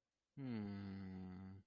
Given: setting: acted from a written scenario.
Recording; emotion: vocal sound without words; confusion